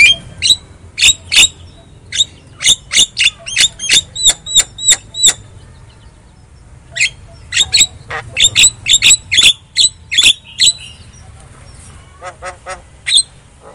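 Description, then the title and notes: Javan myna song of sharp, clipped notes with ringing overtones, delivered in quick bursts separated by short pauses. Lure sound meant to prompt a silent Javan myna to sing. "Pancingan Jalak Kebo Bisu. Kicau Jalak Kebo"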